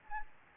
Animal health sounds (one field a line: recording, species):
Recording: mosquito wingbeat signal from an infrared sensor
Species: Anopheles gambiae